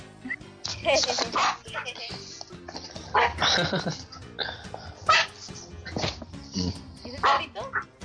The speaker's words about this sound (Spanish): ¿Es el perrito? Sí, es mi perro. ¡Ay, qué lindo!